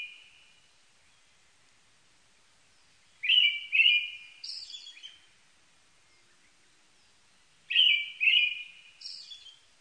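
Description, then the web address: Brown-headed thrush song: two short phrases of clear whistled notes, each ending in a higher hissy note, about four and a half seconds apart in otherwise quiet surroundings. Recorded 1 May 1998. "1998 980501 akahara"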